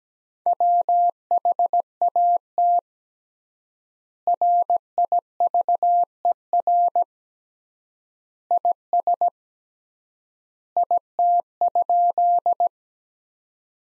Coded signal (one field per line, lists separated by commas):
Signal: Morse code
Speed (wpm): 17 wpm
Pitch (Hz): 700 Hz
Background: none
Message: WHAT RIVER IS IT?